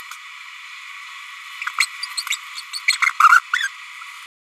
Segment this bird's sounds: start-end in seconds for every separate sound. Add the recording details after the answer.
1.80-1.86, 2.17-2.23, 2.73-2.80, 2.88-2.97, 3.01-3.11, 3.19-3.29, 3.29-3.40, 3.52-3.68. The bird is a female. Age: 28 days. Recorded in a nest box in Venezuela. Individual 17B102A5